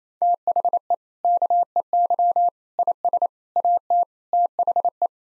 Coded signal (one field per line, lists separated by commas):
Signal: Morse code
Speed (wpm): 27 wpm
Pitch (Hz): 700 Hz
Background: none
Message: THE KEY IS AT THE